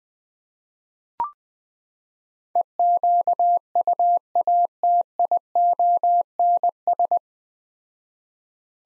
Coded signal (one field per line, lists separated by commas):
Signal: Morse code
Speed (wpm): 21 wpm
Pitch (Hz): 700 Hz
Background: none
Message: EQUATIONS